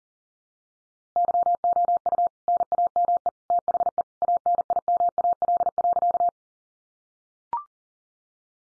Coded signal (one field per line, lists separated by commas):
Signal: Morse code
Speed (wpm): 40 wpm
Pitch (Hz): 700 Hz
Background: none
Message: YOU NAME THE ANIMAL.